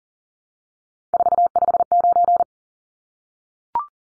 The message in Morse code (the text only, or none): 459